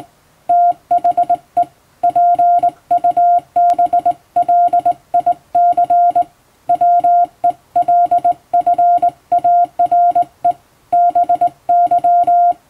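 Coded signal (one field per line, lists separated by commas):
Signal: Morse code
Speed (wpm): 20 wpm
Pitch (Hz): 700 Hz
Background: none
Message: THE PUBLIC WELFARE BY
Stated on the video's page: Hand-keyed Morse sent with a telegraph key from a telegram practice book, as a sending practice.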